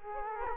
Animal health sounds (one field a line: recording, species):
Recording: mosquito wingbeat signal from an infrared sensor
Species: Culex quinquefasciatus